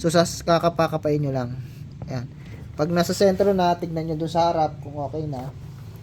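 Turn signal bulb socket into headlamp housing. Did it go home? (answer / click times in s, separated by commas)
no / none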